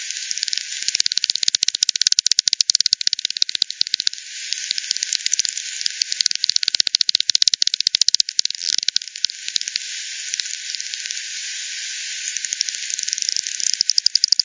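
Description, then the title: Bats echolocating: steady streams of fast, dry clicks, briefly thinning midway and near the end into soft hiss before the ticking returns. Multiple bats by the Hogsmill River, Hogsmill Lane, 7 October 2020 at 18:10 Z; frequency-division (FD10) bat detector recording, bandpass filtered and resampled. "WW bat 20201007 T 18 : 10 Z-Hogsmill-Lane-Hogsmill-River-multiple-bats"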